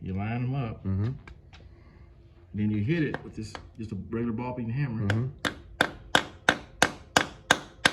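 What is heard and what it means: Someone talks while a DOD delete plug is lined up in a lifter oil port of an L83 5.3 Gen 5 LT engine block, which is blocked off to keep oil pressure. From about 5.1 s, a hammer drives the plug in with a steady series of about nine sharp, ringing blows that continue to the end. The plug has not snapped into place yet.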